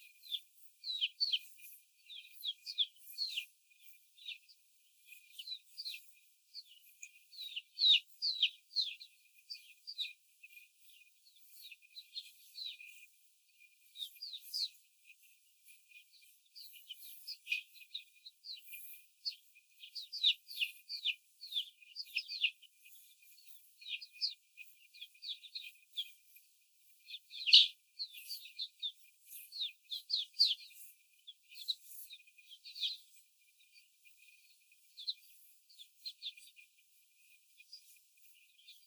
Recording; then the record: young laying hens in a cage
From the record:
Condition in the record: before the stressor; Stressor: simulated dog barking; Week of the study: 4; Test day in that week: 1